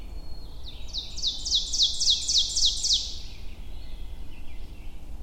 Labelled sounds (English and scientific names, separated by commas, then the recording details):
Ovenbird (Seiurus aurocapilla) song
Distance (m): 30 m
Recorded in boreal forest in Alberta, Canada, on 22 June 2016 at 06:41
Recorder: SongMeter 3, array SBT-6-76
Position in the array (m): 165 m, 136 m
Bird 3